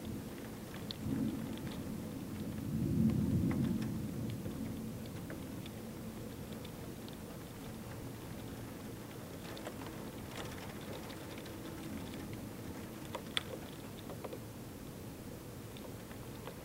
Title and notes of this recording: Rain Tapping on the Window. Rain tapping and drizzling down your window during a light and calming thunderstorm